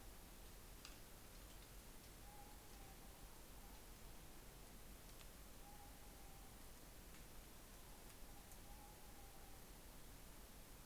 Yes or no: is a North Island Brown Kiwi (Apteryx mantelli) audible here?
no